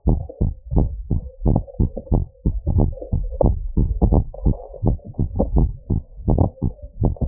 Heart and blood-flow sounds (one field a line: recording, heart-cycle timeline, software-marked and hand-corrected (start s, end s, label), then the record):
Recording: heart sounds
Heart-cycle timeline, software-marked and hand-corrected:
0.00	0.07	diastole
0.07	0.21	S1
0.21	0.41	systole
0.41	0.51	S2
0.51	0.75	diastole
0.75	0.89	S1
0.89	1.11	systole
1.11	1.21	S2
1.21	1.45	diastole
1.45	1.61	S1
1.61	1.81	systole
1.81	1.89	S2
1.89	2.11	diastole
2.11	2.25	S1
2.25	2.45	systole
2.45	2.53	S2
2.53	2.75	diastole
2.75	2.91	S1
2.91	3.13	systole
3.13	3.23	S2
3.23	3.45	diastole
3.45	3.57	S1
3.57	3.77	systole
3.77	3.89	S2
3.89	4.11	diastole
4.11	4.25	S1
4.25	4.45	systole
4.45	4.57	S2
4.57	4.85	diastole
4.85	4.97	S1
4.97	5.19	systole
5.19	5.29	S2
5.29	5.53	diastole
5.53	5.69	S1
5.69	5.91	systole
5.91	6.01	S2
6.01	6.29	diastole
6.29	6.45	S1
6.45	6.63	systole
6.63	6.73	S2
6.73	7.01	diastole
7.01	7.13	S1
7.13	7.28	systole
From the record:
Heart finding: normal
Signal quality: good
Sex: female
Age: 50 years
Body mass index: 26.8